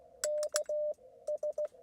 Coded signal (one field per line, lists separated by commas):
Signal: Morse code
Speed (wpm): 15 wpm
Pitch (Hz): 600 Hz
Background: radio noise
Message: KS